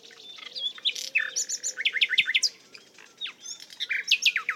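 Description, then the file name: Common nightingale singing a dense run of quick chirps, slurred whistles and repeated staccato notes, with a brief pause before another burst of phrases. "Luscinia megarhynchos"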